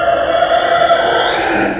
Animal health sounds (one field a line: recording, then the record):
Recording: squeal of a Yucatan mini pig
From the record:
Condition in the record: before surgery on the right vocal fold (resection and tissue-engineered implant)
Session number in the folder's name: 3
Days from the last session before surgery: 0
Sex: female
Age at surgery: 19 weeks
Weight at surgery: 25 kg